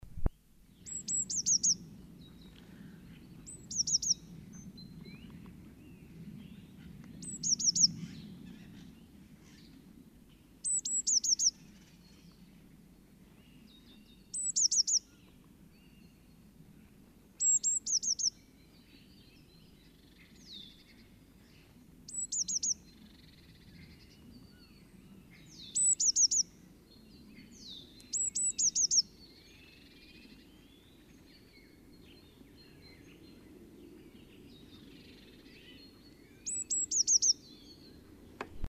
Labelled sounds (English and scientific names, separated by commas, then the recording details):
Eurasian Blue Tit (Cyanistes caeruleus) song, Great Tit (Parus major)
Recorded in the wild
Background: Parus major
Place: Kaiserslautern, Rheinland-Pfalz, DE
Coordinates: 49.4403, 7.749
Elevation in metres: 261
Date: 1977-02-23
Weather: warm, sunny
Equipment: Nagra IV, Sennheiser MKH 405, Parabolreflektor
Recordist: Tretzel, Erwin
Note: Kaiserslautern-Sauenholz, Exkursion: Gesang